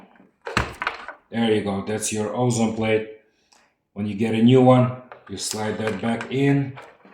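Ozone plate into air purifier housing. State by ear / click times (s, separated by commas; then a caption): not seated / none. An ozone plate is handled at a plastic EcoBox EcoQuest air purifier housing, with a few short knocks and taps near the start while someone talks throughout. The plate is not yet slid back into its slot, and nothing has seated or clicked yet.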